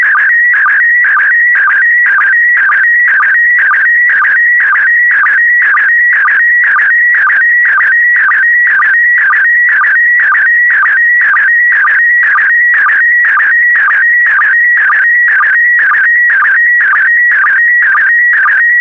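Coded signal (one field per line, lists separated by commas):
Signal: SSTV (slow-scan television)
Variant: PD120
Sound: steady warbling whistle shifting pitch, with short low blips about twice per second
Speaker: the next image transmission will start in 10 seconds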